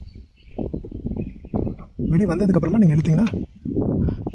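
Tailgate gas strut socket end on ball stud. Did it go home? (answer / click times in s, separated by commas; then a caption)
released / 4.3 s. A tailgate gas strut's socket end has its retaining clip levered out with a flathead screwdriver and is then pulled off its metal ball stud. Someone talks over faint clicks and handling noise. A sharp pop at 4.3 s marks the strut end releasing from the ball stud.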